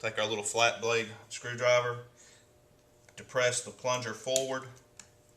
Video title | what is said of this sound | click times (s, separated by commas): Freedom Gunworks built STI 2011 assembly | the hammer goes back in locks into place at this point we can do our first function test | 5.0 s